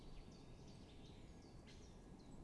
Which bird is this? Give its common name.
Great Spotted Woodpecker